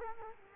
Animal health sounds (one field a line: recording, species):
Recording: mosquito wingbeat signal from an infrared sensor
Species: Culex quinquefasciatus